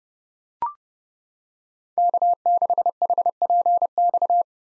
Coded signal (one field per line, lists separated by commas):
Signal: Morse code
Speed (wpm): 30 wpm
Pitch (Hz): 700 Hz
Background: none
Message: K6HPX